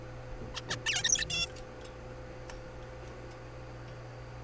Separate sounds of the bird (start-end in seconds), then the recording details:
0.54-0.61, 0.69-0.76, 0.86-1.03, 1.04-1.25, 1.30-1.47. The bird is a juvenile. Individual R3428